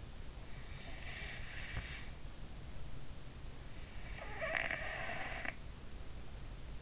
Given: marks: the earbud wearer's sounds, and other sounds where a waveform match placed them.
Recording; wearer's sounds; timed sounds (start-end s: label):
sounds in sleep by an in-ear microphone; breath, snoring breath
0.30-2.82 s: breath
4.07-6.30 s: snoring breath